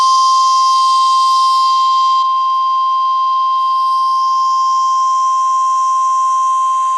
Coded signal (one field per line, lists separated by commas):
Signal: Emergency Alert System (SAME) tones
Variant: 1050 Hz attention tone